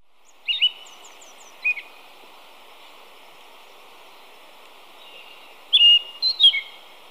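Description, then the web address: Pale-eyed thrush with a few brief high slurred notes early, then a louder run of sharp, rising and falling notes near the end, over steady background noise. Recorded in Ecuador. "Birds of Ecuador. Pale-eyed Thrush"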